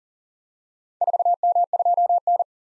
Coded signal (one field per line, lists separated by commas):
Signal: Morse code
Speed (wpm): 42 wpm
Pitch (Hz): 700 Hz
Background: none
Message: 4M2N